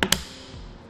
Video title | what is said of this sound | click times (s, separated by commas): etrailer - Install: Yakima RidgeLine Roof Rack for Flush Rails on a 2014 Nissan Versa | going to be listening for two clicks just | 0.0 s, 0.1 s